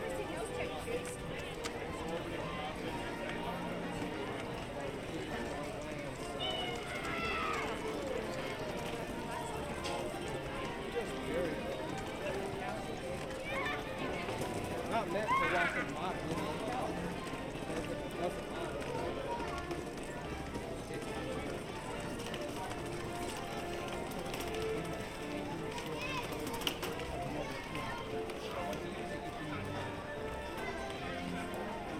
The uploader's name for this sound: Disneyland Park Binaural Walk Through